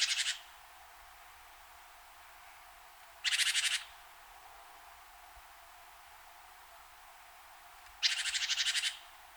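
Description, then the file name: Great tit churr calls: three rasping, rapidly pulsed rattles, each lasting under a second, separated by long silent gaps. "Parus major"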